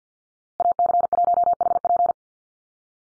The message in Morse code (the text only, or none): AC1HP